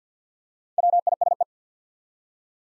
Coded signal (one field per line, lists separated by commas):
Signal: Morse code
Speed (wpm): 50 wpm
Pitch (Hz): 700 Hz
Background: none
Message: WISE